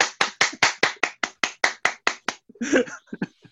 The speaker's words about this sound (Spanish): Y entonces, bueno, yo creo que se merece un aplauso por todos los componentes de ….